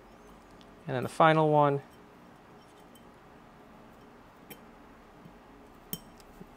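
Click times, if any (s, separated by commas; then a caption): 5.9 s. Someone talks briefly as the last metal washer is pressed into a Ducati motorcycle clutch pressure plate. A sharp, bright click at 5.9 s marks the washer snapping home, with faint ticks around it in otherwise quiet background. The final clutch washer is seated.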